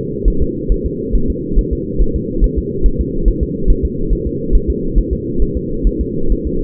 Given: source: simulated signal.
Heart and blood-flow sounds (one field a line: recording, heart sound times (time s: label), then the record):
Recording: fetal heart sounds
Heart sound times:
0.28 s: S1
0.42 s: S2
0.72 s: S1
0.86 s: S2
1.16 s: S1
1.30 s: S2
1.59 s: S1
1.73 s: S2
2.02 s: S1
2.16 s: S2
2.44 s: S1
2.59 s: S2
2.86 s: S1
3.01 s: S2
3.28 s: S1
3.43 s: S2
3.70 s: S1
3.85 s: S2
4.13 s: S1
4.27 s: S2
4.55 s: S1
4.70 s: S2
4.98 s: S1
5.13 s: S2
5.42 s: S1
5.57 s: S2
5.87 s: S1
6.01 s: S2
6.32 s: S1
6.47 s: S2
From the record:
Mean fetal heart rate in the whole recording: 135 bpm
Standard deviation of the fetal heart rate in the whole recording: 3 bpm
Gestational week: 36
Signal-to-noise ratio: -8.1 dB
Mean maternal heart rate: 72 bpm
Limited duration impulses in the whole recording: absent